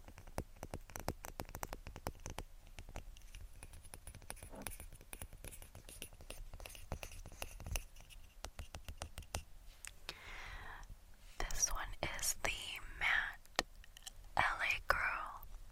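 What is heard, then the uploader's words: Close, quiet lipstick application with rapid soft taps through the first ten seconds, then louder wet mouth sounds and smacks near the end. ASMR Lipstick Application Mouth Sounds, Tapping, CloseUp.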